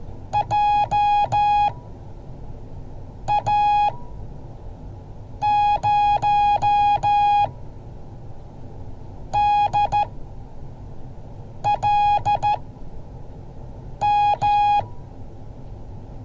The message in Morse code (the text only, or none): JA0DLM